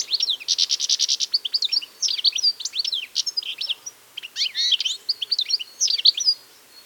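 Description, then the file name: European goldfinch singing, opening with a buzzy, rattling trill, then rapid tinkling twitters and quick up-and-down slurred notes, with a short break midway. "Carduelis carduelis"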